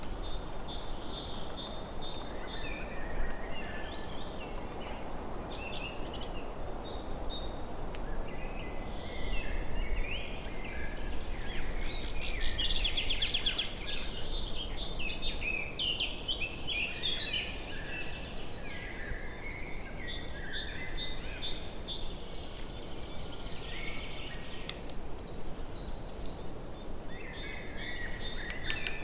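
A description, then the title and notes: Wind blows steadily through the trees, a dense, even rush that fills the low and middle range for the whole clip. Birds chirp throughout in quick, bright overlapping calls, busiest around twelve to sixteen seconds, with a faint insect-like buzz mixed in. Summer Birds In The Forest. Listen to the wind blowing through the trees and the birds chirping in this nature soundscape.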